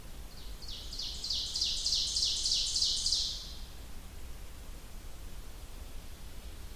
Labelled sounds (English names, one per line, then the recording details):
Ovenbird song
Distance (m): 40 m
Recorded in boreal forest in Alberta, Canada, on 30 June 2016 at 07:19
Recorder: SongMeter 3, array SBT-6-79
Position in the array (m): 215 m, 19 m
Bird 39